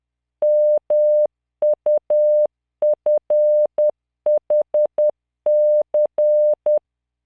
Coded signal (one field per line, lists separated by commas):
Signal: Morse code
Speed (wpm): 10 wpm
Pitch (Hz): 600 Hz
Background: none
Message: MUFHC